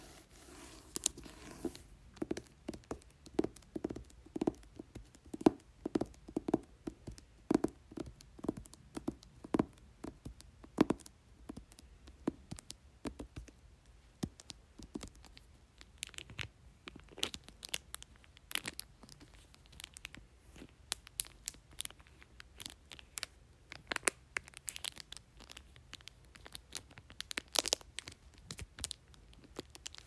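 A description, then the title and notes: Fingers tap and crinkle a book cover in a quick, steady stream of sharp clicks. During the first half the taps fall at a fairly even pace. Later they turn denser and more irregular, with bright crackling bursts, over a low, quiet hum. Tapping and Crinkling Book Cover.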